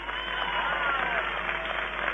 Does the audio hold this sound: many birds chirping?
no